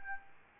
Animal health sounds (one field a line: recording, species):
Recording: mosquito wingbeat signal from an infrared sensor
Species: Anopheles arabiensis